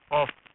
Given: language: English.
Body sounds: throat vibration sensor signal played as sound; speech

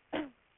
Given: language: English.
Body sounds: throat vibration sensor signal played as sound; cough

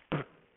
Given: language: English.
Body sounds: throat vibration sensor signal played as sound; cough

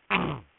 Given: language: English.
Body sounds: throat vibration sensor signal played as sound; throat clearing

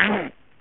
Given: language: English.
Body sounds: throat vibration sensor signal played as sound; throat clearing

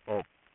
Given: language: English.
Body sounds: throat vibration sensor signal played as sound; speech

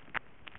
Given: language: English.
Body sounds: throat vibration sensor signal played as sound; swallow

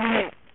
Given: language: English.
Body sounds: throat vibration sensor signal played as sound; throat clearing

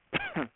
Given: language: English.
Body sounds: throat vibration sensor signal played as sound; cough

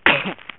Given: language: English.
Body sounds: throat vibration sensor signal played as sound; cough

